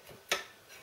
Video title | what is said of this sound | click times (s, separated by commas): Boilex Ultraclean 1 Stove with Zip Cooking Fuel | that snaps into position under the frame and locks essentially everything into position | 0.3 s